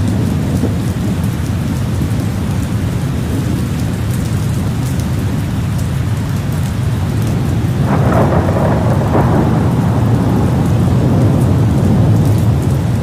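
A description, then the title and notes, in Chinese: Steady rain falls throughout, a dense, even hiss with a strong low rumble underneath. Around eight and nine seconds a couple of brighter splashes or gusts rise briefly above the downpour, then it settles back to the same constant wash. 白噪音——听，是下雨的声音（下）。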